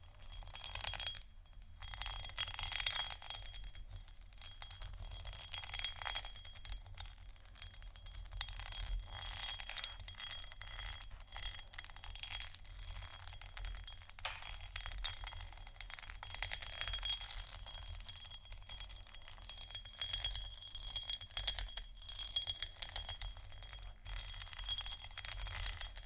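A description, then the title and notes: Scratching runs steadily for the whole stretch, a dense, bright scraping texture with quick strokes that flicker and pause briefly, as near 1.5 and 22 seconds. A thin ringing tone, faintly glassy, hangs through it, over a low rumble underneath. ASMR 31 Scratching Triggers For Your Tingles（No Talking）.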